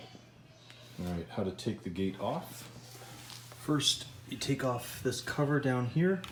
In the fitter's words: and you should hear it click into place